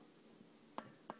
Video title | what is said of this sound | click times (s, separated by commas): TUTO Changer la Ram Macbook Pro i5.mov | Tac, là on sent qu'elle est embutée, elle est bien enfoncée. | 0.8 s